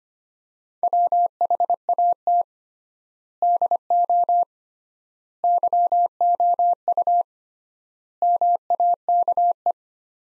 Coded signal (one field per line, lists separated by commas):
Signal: Morse code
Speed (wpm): 25 wpm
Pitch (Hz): 700 Hz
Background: none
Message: WHAT DO YOU MAKE